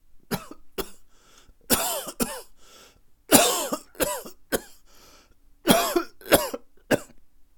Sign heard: Man coughing.